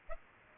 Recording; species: mosquito wingbeat signal from an infrared sensor; Aedes aegypti